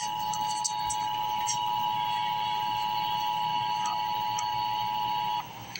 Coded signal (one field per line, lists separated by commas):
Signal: Emergency Alert System (SAME) tones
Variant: 853 and 960 Hz attention tone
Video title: Emergency Alert System - Cold Weather Advisory - Jan 30, 2026 at 12:06 AM EST